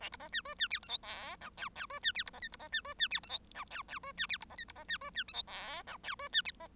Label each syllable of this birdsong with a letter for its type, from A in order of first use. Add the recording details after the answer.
A B C D E D F G H I J K K E D F B C L B C D E D F G H J K K E D F B C L B C D E D G H I J K E D F C. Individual Bird1